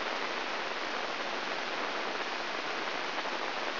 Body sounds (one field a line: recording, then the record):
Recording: brain microelectrode recording played as sound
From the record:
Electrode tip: inside the subthalamic nucleus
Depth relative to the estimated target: -1 mm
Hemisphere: left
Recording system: AlphaMap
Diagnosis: Parkinson's disease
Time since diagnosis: 12 years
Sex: female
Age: 56 years